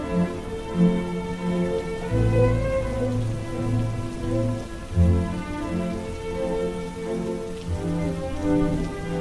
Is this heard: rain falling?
yes